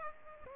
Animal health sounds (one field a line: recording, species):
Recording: mosquito wingbeat signal from an infrared sensor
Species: Aedes aegypti